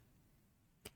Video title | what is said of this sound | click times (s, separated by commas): Unboxing the Raspberry Pi Pico Project Kit | there. Can you see it hasn't actually gone all the way in, but | 0.9 s